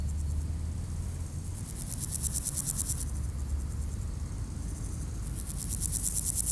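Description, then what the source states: Grasshoppers buzz in high, finely pulsed bursts, one in the middle and another at the end, while cars rumble low and steadily throughout. Beside road D633 at Aveize, France, with passing cars; recorded with a Sony PCM-M10 in AB microphone position.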